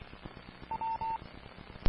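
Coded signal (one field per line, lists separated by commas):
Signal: none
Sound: a repeater's courtesy beeps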